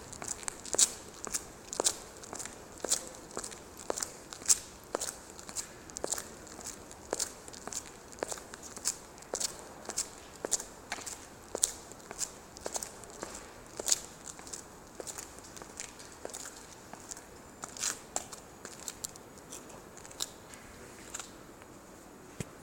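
Footsteps tap at a steady walking pace, crisp and bright, over a low, quiet mechanical hum from an escalator.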